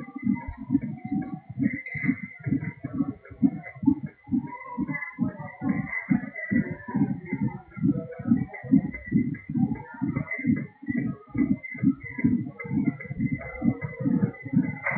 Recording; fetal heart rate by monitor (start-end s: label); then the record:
fetal heart sounds by stethoscope on the mother's abdomen
0.00-10.00 s: 131 bpm
10.00-14.98 s: 132 bpm
From the record:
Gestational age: 39 weeks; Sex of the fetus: girl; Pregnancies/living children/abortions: 2/1/0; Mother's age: 29 years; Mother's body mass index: 28.0